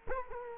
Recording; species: mosquito wingbeat signal from an infrared sensor; Culex quinquefasciatus